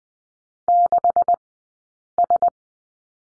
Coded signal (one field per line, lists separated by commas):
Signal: Morse code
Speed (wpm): 20 wpm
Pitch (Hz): 700 Hz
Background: none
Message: 6S